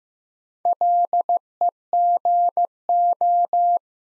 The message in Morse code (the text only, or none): LEGO